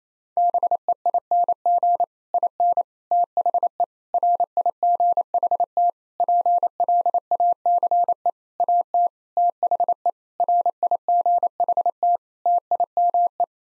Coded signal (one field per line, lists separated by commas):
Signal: Morse code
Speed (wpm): 28 wpm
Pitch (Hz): 700 Hz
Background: none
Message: BEING IN THE RIGHT PLACE AT THE RIGHT TIME